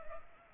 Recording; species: mosquito wingbeat signal from an infrared sensor; Culex pipiens